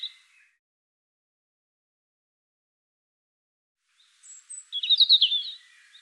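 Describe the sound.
European robin giving a brief high twitter, then a long silence before a quick burst of sharp, warbled trilling notes.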